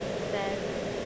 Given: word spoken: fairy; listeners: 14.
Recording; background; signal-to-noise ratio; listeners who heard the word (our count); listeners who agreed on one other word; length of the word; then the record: one English word in noise, from a listening test; speech-shaped noise; -4.1 dB; 0 of 14; 6 of 14; 0.65 s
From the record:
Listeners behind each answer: 6, 2, 2, 2, 1, 1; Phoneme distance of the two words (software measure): 17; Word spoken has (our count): 2 syllables, 4 phonemes, stress on syllable 1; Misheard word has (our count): 1 syllable, 3 phonemes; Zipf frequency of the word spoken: 4.16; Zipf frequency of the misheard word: 6.72